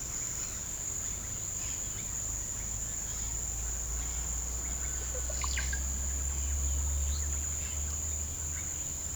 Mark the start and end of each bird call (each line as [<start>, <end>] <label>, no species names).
[0.00, 5.81] bird call
[6.81, 9.15] bird call